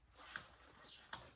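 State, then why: Seated. On a Mercedes C32 AMG, a plug wire boot is pressed hard onto a spark plug during a spark plug replacement, with the coil set in place but not yet screwed down. Two sharp clicks are heard at 0.4 s and 1.1 s over low background noise. The boot seats with a positive click, which matters because a boot that isn't fully seated gives a poor connection and can cause a misfire.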